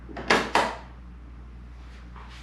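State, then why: Seated. A Wunderlich click tank bag is set onto the tank-ring mount of a BMW K1600 motorcycle, with a soft shuffle of contact before two sharp, bright clicks at 0.3 s and 0.6 s. The bag seats firmly on the mount, and only a faint, quiet rustle follows near the end.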